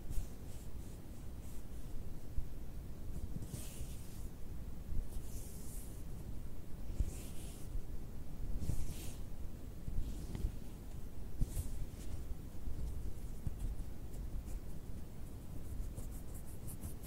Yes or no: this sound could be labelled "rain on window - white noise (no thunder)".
no